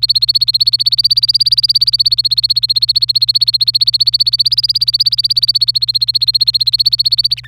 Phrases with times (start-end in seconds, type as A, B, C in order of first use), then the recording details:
0.00-7.47 A. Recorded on 26 April 2018 at 08:37. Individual llb3